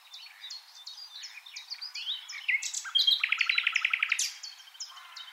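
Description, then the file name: Common nightingale song with varied whistles leading into a buzzy, rapidly repeated series of about a dozen notes, then a sharp flourish; other birds chirp softly. "Luscinia megarhynchos"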